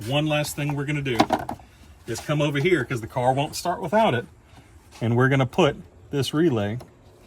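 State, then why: Not seated. A plastic automotive relay is being pushed back into its socket in the engine bay fuse/relay box of an Elantra N fitted with a Sonata high-pressure fuel pump, so the fuel pump will run and the car will start. Someone talks throughout, with a brief sharp hit in a pause around 1.2 s. Nothing has seated or clicked yet.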